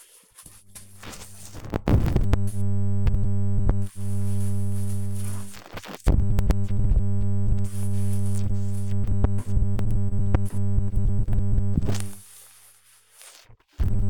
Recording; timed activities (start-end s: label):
household activities, microphone on the right wrist
0.00-14.09 s: cleaning bathroom